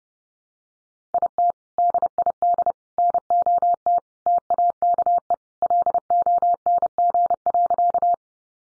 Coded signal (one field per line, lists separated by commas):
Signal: Morse code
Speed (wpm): 30 wpm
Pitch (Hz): 700 Hz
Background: none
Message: IT DID NOT TAKE LONG.